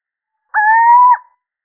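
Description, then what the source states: Little owl uttering one plaintive, slightly rising hoot with a sharp finish, heard alone in silence. Male.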